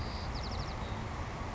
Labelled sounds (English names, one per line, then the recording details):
White-crowned Sparrow
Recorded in Sonoma County, California